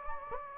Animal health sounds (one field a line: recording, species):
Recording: mosquito wingbeat signal from an infrared sensor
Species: Anopheles gambiae